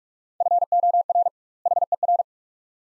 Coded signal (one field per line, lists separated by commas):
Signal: Morse code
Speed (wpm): 45 wpm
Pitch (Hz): 700 Hz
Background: none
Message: FOR HER